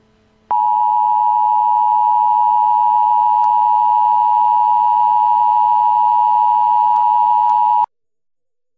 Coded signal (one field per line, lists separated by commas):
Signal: Emergency Alert System (SAME) tones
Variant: 853 and 960 Hz attention tone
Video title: Emergency Alert System - Yellow Fever Biological Attack. Cove, Oregon.